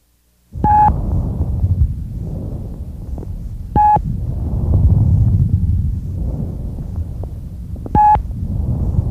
Characteristically loud, high-pitched bronchial breath sounds resemble the sound of air blowing through a hollow pipe. Their expiratory phase is louder and longer than their inspiratory phase. They are present normally only over the manubrium, and there is a distinct pause between the inspiratory and expiratory phases. The appearance of bronchial breath sounds over the periphery of the lung may mean abnormal sound transmission because of consolidated lung tissue, as in pneumonia.